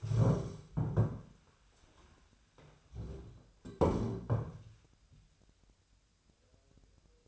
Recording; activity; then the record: daily activity, microphone in the room; stand up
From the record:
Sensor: 2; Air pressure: 1015.1 hPa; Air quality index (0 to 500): 167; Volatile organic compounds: 9 ppm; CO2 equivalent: 2168 ppm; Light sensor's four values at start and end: 12/33/13/14 and 10/25/10/11